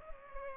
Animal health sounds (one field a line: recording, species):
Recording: mosquito wingbeat signal from an infrared sensor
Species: Culex pipiens